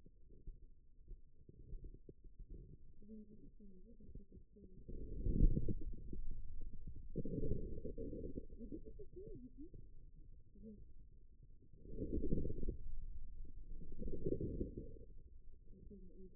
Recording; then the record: forearm muscle sounds (acoustic myography)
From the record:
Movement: inward rotation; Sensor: system 2, bracelet of six BSWA MPA416 microphones around the upper forearm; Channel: 6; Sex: male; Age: 22 years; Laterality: right